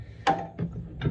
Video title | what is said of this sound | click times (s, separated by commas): Comet 102c install. Alignment? Not quite | There, you can hear my torque wrench clicking, and now that's tight. | 0.3 s, 1.0 s